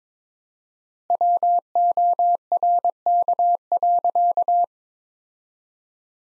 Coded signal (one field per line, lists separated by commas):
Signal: Morse code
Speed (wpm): 22 wpm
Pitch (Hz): 700 Hz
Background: none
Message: WORK.